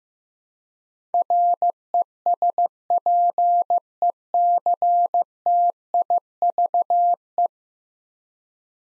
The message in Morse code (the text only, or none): RESPECTIVE